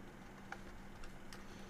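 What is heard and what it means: After an extra push, the battery contact tabs of a Bambu Labs hardware kit mouse snap into its 3D-printed shell, with a sharp click at 0.5 s and a second click at 1.3 s over a low steady hum. The contact is locked into place.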